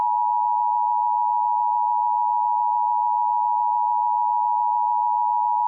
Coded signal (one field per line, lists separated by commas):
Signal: Emergency Alert System (SAME) tones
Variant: 853 and 960 Hz attention tone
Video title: EAS Reenactment Mock: Bunch of Floods for Davidson (and Davie) - 02/11/2018